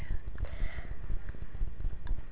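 A few brief, abrupt throat catches from a child over low background rumble: hiccups.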